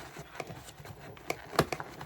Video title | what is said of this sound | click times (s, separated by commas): HAUSHOF 24V Cordless 2.5-Gallon Ultra Quiet Wet/Dry Vacuum Cleaner Review | Right there. Just heard it lock into place. | 1.6 s